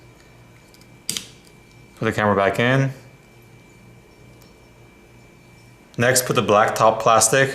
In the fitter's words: and press down the lock so it locks in place